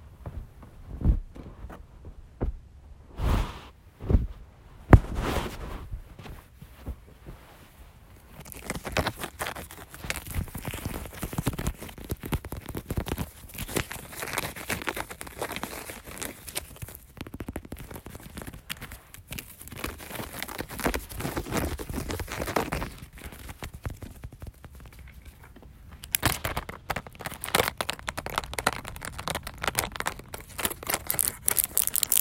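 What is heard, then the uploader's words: Tapping and scratching, sparse sharp knocks in the first seconds, then dense continuous crinkling and rustling that brightens again near the end. Tapping, scratching, crinkling and fluffing.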